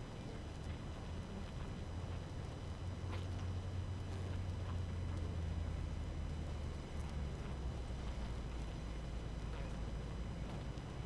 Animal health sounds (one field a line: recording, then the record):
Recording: honeybee colony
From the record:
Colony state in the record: active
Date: 12 June 2018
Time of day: 5:42